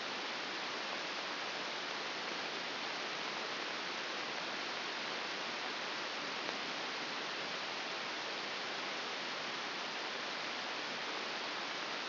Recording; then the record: brain microelectrode recording played as sound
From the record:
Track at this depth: inside the subthalamic nucleus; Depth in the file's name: 1.1 mm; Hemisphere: left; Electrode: 2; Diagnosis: Parkinson's disease